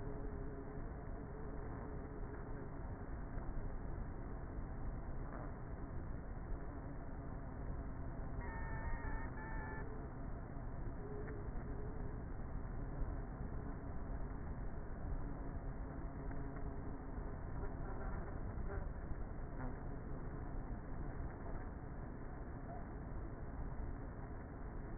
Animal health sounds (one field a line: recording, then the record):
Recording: honeybee colony, microphone inside the hive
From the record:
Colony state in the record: queenless with a low population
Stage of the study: before two queens were removed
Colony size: about 30,000 bees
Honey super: no